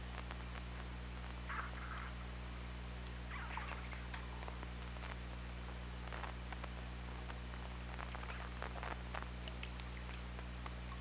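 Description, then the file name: Killer whale pulsed calls, two short buzzy bursts early on, followed by rapid irregular clicking, all over a constant low mechanical hum. Hydrophone recording from OrcaLab, 24 August 2017, 21:20:30. "Orca Lab 20170824 212030"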